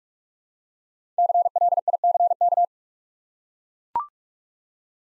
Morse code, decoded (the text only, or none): CLICK